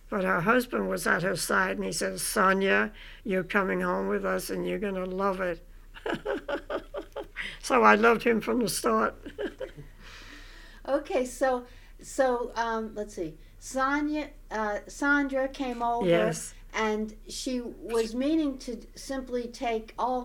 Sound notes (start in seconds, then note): 6.0 she laughs; 9.2 she laughs